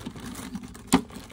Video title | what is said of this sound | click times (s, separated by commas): Toyota Rav4 (2019-2023) rear tail light replacement. How to replace broken tail light. | push it in until it clicks into place | 0.9 s